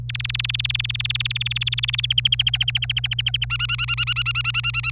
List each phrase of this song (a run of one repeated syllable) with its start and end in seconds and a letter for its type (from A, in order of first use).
0.09-2.00 A, 2.03-3.45 B, 3.50-4.91 C